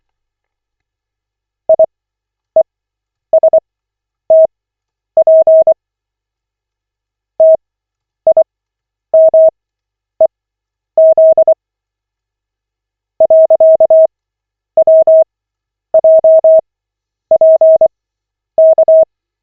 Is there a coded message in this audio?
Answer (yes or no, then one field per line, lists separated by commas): yes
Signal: Morse code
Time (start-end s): 1.7-19.0 s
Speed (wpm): 24 wpm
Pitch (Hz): 640 Hz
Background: none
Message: IESTP TIMEZ .WJPK